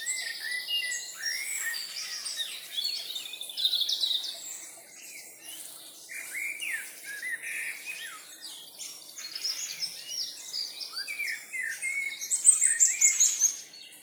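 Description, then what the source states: Birds chorus with many overlapping chirps, short whistles and twittering trills, busy and continuous, with a louder run of rapid notes near the end. Birds singing in a forest in the evening.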